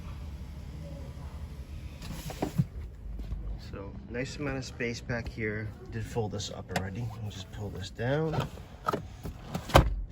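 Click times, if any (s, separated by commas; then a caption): 8.9 s, 9.8 s. In an Audi Q3, the folded rear seatback is pulled down so its latches engage the seat anchors while someone talks. Two sharp, loud hits at 8.9 s and 9.8 s mark the latches locking into place on both sides.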